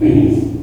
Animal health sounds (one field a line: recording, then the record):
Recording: squeal of a Yucatan mini pig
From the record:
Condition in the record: before surgery on the right vocal fold (resection and tissue-engineered implant)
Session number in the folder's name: 2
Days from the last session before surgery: -15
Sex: female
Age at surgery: 19 weeks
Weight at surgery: 25 kg